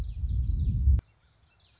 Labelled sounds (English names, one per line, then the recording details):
Common Yellowthroat
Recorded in Sonoma County, California